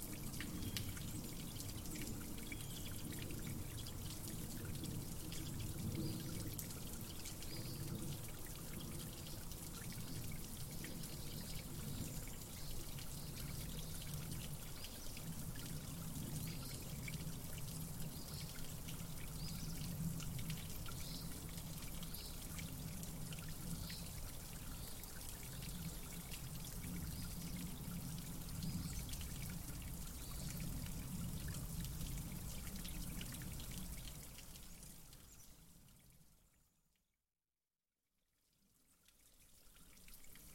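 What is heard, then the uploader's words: A stream runs steadily through woods, a dense, even rush of pouring and trickling water with a strong low churn and bright splashy hiss on top. Around 36 seconds the sound fades out to near silence, then quickly returns. Tranquil Stream Forest Woods Mountainside Sounds of Nature.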